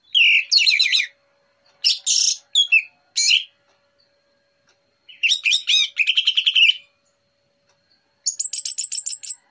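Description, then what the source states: Orange-headed thrush pouring out dense chirping phrases, a quiet pause, then a long rapid run of notes and a high repeated trill. Morning song used as a lure, relaxed and clear.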